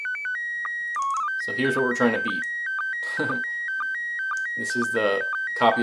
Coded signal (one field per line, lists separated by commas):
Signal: SSTV (slow-scan television)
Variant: PD 120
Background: speech